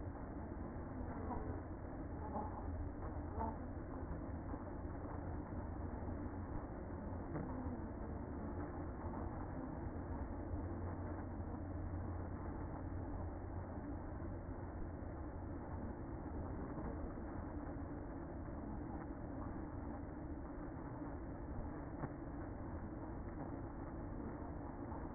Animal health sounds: honeybee colony, microphone inside the hive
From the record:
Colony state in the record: queen present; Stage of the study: after two queens were removed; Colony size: about 60,000 bees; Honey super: yes

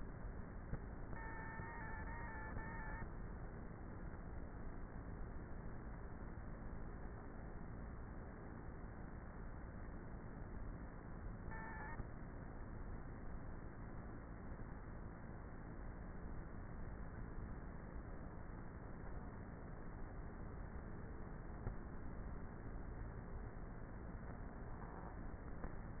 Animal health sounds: honeybee colony, microphone inside the hive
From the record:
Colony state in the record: queenless with a low population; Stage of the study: before two queens were removed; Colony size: about 30,000 bees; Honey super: no

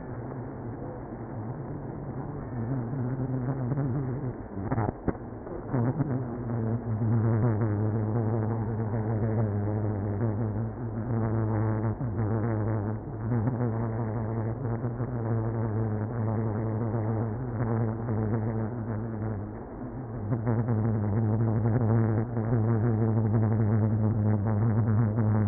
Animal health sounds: honeybee colony, microphone inside the hive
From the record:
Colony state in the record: queenless (queen removed); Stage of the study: after two queens were removed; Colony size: about 60,000 bees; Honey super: yes

